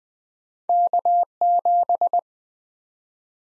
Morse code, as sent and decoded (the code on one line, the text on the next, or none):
-.- --...
K7